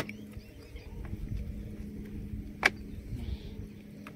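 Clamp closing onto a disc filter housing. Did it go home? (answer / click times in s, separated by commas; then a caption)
yes / 2.7 s. A clamp is closed onto a plastic disc filter housing for drip irrigation, over a low steady hum and faint rustling. A single sharp click at 2.7 seconds marks the clamp locking shut.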